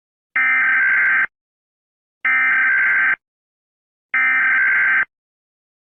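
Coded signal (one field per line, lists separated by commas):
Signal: Emergency Alert System (SAME) tones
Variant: header bursts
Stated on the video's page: Fictional EAS scenario.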